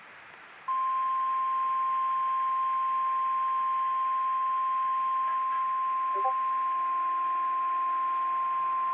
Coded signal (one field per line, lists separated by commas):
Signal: Emergency Alert System (SAME) tones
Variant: 1050 Hz attention tone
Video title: EAS 392 Wilmington? RWT [Long Headers]